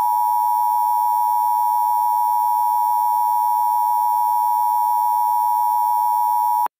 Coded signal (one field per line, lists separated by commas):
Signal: Emergency Alert System (SAME) tones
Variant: 853 and 960 Hz attention tone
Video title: EAS Reenactment Mock: SVR for near Albemarle to near Sturdivants - 03/25/2021